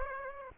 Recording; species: mosquito wingbeat signal from an infrared sensor; Aedes aegypti